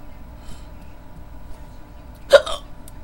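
A single sharp hiccup breaks a quiet stretch about two-thirds of the way through, a sudden clipped gulp followed by a brief voiced catch, late at night. Low steady hum fills the background. It is an ordinary hiccup, an involuntary diaphragm spasm with abrupt closure of the vocal cords.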